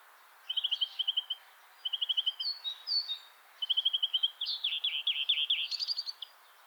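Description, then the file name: European greenfinch giving short bursts of fast trilled notes separated by brief pauses, ending in a longer run of twittering, slurred notes. "Chloris chloris"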